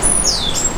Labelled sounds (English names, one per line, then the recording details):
Stitchbird song
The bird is a male
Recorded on Tiritiri Matangi Island, New Zealand, in 2005
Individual 9, of nest box 11